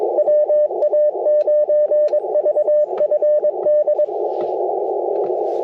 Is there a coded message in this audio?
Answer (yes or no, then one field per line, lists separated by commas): yes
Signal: Morse code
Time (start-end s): 0.2-4.1 s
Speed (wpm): 22 wpm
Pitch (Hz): 600 Hz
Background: radio noise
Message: WA9VFD